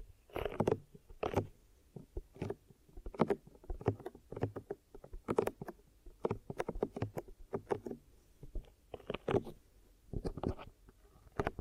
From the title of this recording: Glue Ear Massage and Cleaning